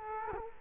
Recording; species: mosquito wingbeat signal from an infrared sensor; Culex quinquefasciatus